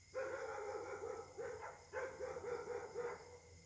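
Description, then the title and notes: Dog barking in a rapid series of harsh barks with one brief pause, over a steady high hum. Night-time chorus of several dogs at Caltex, Trois-Mares, Réunion; Samsung Galaxy S8 smartphone whose left microphone tends to be clogged. "Caltex, 3 mares, Réunion. La nuit s'annonce difficile pour les habitants: concert de chiens"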